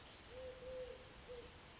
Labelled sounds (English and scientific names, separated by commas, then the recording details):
Eurasian Collared Dove (Streptopelia decaocto)
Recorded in Sonoma County, California